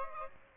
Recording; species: mosquito wingbeat signal from an infrared sensor; Aedes aegypti